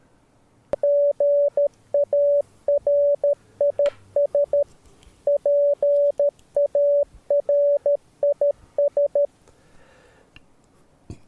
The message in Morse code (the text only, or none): GARIS PARIS